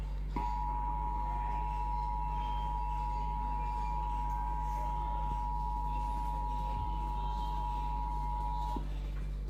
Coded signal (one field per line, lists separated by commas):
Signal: Emergency Alert System (SAME) tones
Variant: 853 and 960 Hz attention tone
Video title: EAS Tsunami Warning